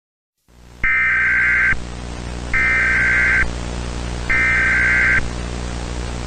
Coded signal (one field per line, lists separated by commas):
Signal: Emergency Alert System (SAME) tones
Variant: header bursts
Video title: EAS Scenario - Pretty Blood [READ DESC]